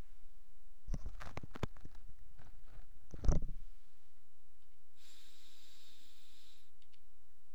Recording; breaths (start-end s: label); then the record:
nose breathing near a microphone
4.62-6.87 s: inhalation
From the record:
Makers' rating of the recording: medium